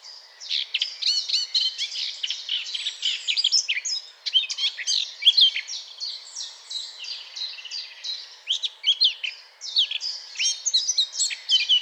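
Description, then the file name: Eurasian blackcap singing a long, varied warble of quick twitters and clear whistles, pausing briefly midway before resuming. "Sylvia atricapilla"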